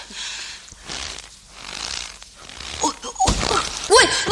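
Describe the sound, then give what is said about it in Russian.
A person carrying another person with a hurt leg piggyback falls, dropping them into snow with a soft, crunching thud and scattered rustling, followed by a louder tumble of crunches and a few brief, pitched cries or grunts. “У меня нога болит, а ты меня в снег кидаешь. Я не виноват, что сам упал.”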